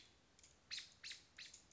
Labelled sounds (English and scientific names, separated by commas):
American Robin (Turdus migratorius)